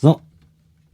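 Plastic building bricks from a BlueBrixx Planetarium Advent calendar set (108772) are handled to be pressed firmly onto the brick model after a poor fit. Someone talks briefly at the start, then only a faint low hum remains. Nothing has seated or clicked yet.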